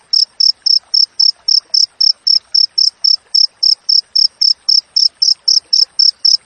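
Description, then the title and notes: Cricket calling with rapid, evenly spaced shrill chirps, close to four each second, continuing unbroken. Natural cricket chirping with tightly spaced pauses, used as master audio for training songbirds and for repelling rats. "Masteran Jangkrik Alam Jernih, Jeda Rapat Cocok Untuk Masteran Burung Dan Mengusir Tikus. suara jangkrik"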